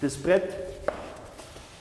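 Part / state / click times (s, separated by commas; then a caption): parquet floor board into the neighbouring board's click joint / seated / 0.9 s. A parquet floor board is slid against the previous row and pressed down so its click joint locks into the neighbouring board's joint while someone talks. A sharp, short click sounds at 0.9 s as the board seats into place.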